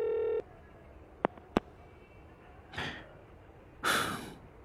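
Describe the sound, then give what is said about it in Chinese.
A short steady telephone tone, then two sharp, quick dialing beeps a moment apart as someone places a phone call, followed by two soft breathy exhales in the quiet. “他打电话给红慧。”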